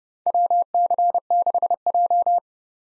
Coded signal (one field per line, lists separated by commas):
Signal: Morse code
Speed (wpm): 29 wpm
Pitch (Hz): 700 Hz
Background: none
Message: WC6J